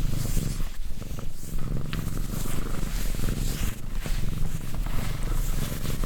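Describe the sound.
Cat purr, a dense low vibrating drone with faint breathy hiss above it, pulsing gently in cycles.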